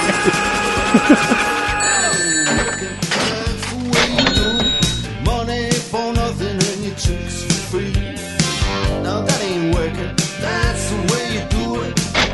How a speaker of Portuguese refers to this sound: Olha os barulhos de caixa registradora, mano.